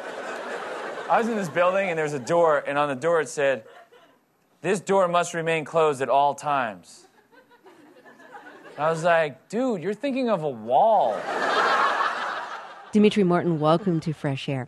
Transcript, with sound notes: I was in this building and there's a door, and on the door it said, this door must remain closed at all times. I was like, dude, you're thinking of a wall.
(Soundbite of laughter)
(Soundbite of NPR's Fresh Air, September 24, 2007)
Demetri Martin, welcome to Fresh Air.